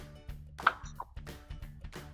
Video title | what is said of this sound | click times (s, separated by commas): WP99001443 - Replacing Your Maytag Dishwasher's Spray Tower Diverter Cap - AP6014370, PS11747608 | to do here is just push it all the way down so that it snaps into place. | 0.7 s